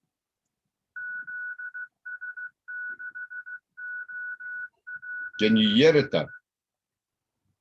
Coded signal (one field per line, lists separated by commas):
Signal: Morse code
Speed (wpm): 14 wpm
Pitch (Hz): 1480 Hz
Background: speech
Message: ZS6OPS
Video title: 2021 02 07 18 49 36 Baofeng Beacons 1